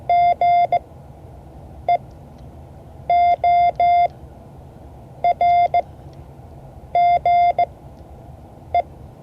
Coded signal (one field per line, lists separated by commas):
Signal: Morse code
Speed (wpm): 17 wpm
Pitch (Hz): 700 Hz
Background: none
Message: GEORGE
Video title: Morse code class 2024-07-30 (5 of 12)